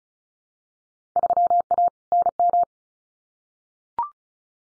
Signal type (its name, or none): Morse code